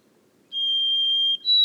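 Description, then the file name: White-throated sparrow whistled song start: a long, even, pure tone followed by a brief gap and a rise to a higher whistle. Boreal forest of Haute-Côte-Nord, 29 May 2018. "bruant a gorge blanche foret boreale de la haute cote nord"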